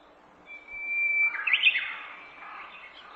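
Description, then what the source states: Japanese bush warbler song: a long, steady whistled note swelling in loudness, then a quick rich warbled flourish that fades away. Recorded 18 April 2008.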